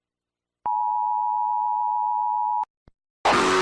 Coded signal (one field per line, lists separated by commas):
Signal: Emergency Alert System (SAME) tones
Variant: 853 and 960 Hz attention tone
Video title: Eas alarms I finally did it